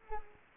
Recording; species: mosquito wingbeat signal from an infrared sensor; Culex quinquefasciatus